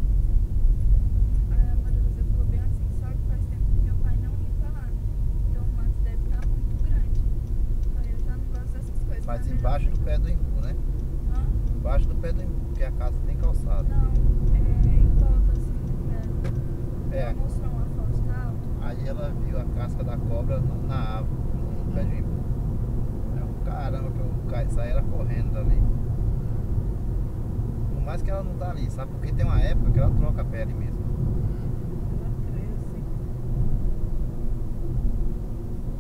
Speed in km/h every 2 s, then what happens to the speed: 33, 34, 35, 38, 41, 46, 51, 57, 61, 63, 66, 66, 65, 65, 65, 63, 60, 56.
0-20 speeds up to 66. 20-28 steady at about 65. 28-36 slows to 56.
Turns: none.